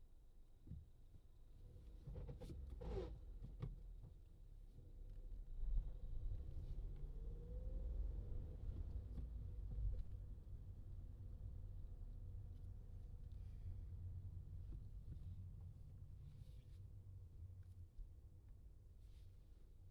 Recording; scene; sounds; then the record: everyday scene through a hearing-aid microphone; in a vehicle; engine, traffic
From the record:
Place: Skoda Fabia, gasoline engine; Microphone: in the ear canal, left